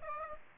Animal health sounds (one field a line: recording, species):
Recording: mosquito wingbeat signal from an infrared sensor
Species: Aedes aegypti